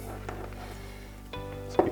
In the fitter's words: So you saw it just clicked in place.